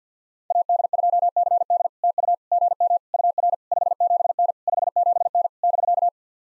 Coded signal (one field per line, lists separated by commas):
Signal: Morse code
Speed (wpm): 48 wpm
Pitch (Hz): 690 Hz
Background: none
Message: AD2CD TU GM UR 57N 57N <BK>